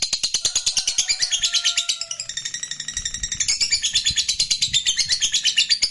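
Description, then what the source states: Lovebird song of rapid shrill chatter, with a brief clear whistled tone running beneath it early on. Fighter-type lovebird singing energetically (gacor).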